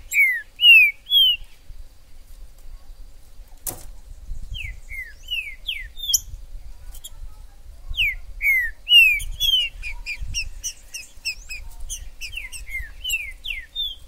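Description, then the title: Green-winged saltator singing repeated phrases of slurred whistles, with many high chips between phrases, a sharp click, and low rumbling noise. Wild trinca-ferro in the forest, chirping, singing and 'macheando' (acting as a male) in a dispute; bird called Major; video meant to warm up a pet trinca-ferro. "ESQUENTAR Seu TRINCA Piando, Cantando E Macheando Na DISPUTA. TRINCA FERRO no MATO Trinca ferro MAJOR no MATO"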